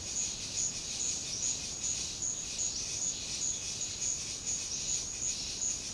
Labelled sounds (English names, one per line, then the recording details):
none
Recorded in pastures near Puerto Asís, Putumayo, Colombia, on 12 March 2025 at 12:30
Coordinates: 0.502, -76.324
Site GP07